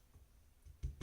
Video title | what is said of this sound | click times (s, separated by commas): KWA Tavor NPAS installation and improvements | to let that thing snap into place then you're good | 0.8 s, 1.0 s